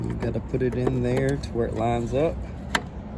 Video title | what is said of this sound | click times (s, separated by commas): 2010 Chevrolet Impala taillight turn signal bulb replacement rear | twist it. It locks in place. | 2.8 s